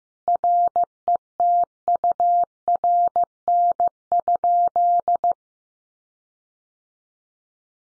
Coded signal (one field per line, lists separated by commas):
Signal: Morse code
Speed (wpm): 15 wpm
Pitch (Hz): 700 Hz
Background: none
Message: RETURN?